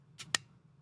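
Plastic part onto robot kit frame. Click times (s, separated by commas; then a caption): 0.3 s. A plastic robot kit part is slid onto its mount on the kit frame, giving a soft broadband scrape around 0.2 s. A sharp, bright click follows at 0.3 s as the tab catches, and the part is seated.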